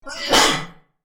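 A single sneeze from an adult, a brief intake of breath followed by a sharp burst.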